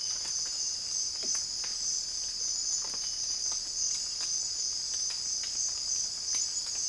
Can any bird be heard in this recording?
no